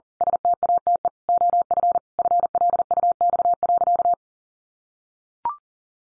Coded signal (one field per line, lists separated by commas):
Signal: Morse code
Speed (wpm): 40 wpm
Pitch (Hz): 700 Hz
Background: none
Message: STATE OF FLUX.